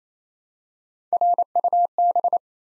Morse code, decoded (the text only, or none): RUB